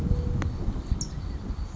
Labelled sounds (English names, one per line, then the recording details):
California Towhee
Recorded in Sonoma County, California